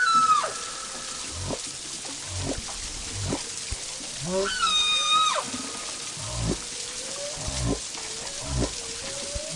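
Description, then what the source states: Humpback whale song: varied tonal moans and sweeps with harmonics, and short low pulses. Recorded at Raoul Island in the Kermadecs, a socialising place for humpback whales that breed in Oceania and travel toward Antarctic feeding grounds; much song recorded there.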